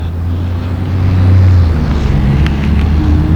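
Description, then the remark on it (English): A bus rumbles past with a heavy, steady low engine drone that swells slightly midway, with a few faint clicks near the end and no voices. “Now I'm explaining it with the bus passing.”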